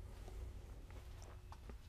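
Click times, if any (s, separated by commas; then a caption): none. Someone pushes the generator compartment door of a 2024 Aspire coach closed, pressing a knee into the center of the door because its tight bulb seal keeps the compartment airtight and watertight. Over a steady low rumble, a few faint soft knocks and taps are heard around 0.9, 1.2, 1.5 and 1.7 seconds as the door is handled. The exterior compartment door latch has not yet clicked shut into the coach body.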